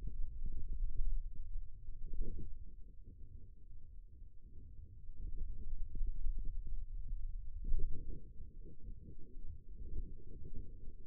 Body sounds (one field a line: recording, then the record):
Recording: forearm muscle sounds (acoustic myography)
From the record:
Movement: hand opening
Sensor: system 2, bracelet of six BSWA MPA416 microphones around the upper forearm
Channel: 3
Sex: male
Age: 22 years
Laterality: right